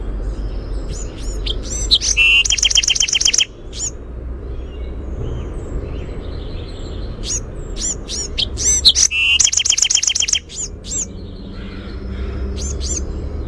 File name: BEWR song